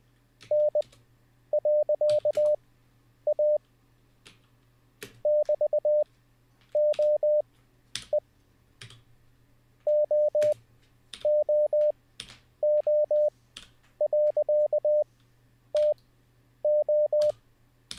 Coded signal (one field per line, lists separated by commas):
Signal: Morse code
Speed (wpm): 20 wpm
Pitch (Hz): 600 Hz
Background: none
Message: N.A <BT>OE OOO.TO